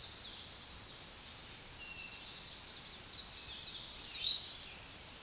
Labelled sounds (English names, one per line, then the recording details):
Common Yellowthroat song
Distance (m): 55 m
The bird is about 10 m above the microphone
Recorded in a Pennsylvania forest on 16 May 2024 at 06:15
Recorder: AudioMoth, point MSD-1893
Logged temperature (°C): 16.6 °C
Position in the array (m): 62 m, 47 m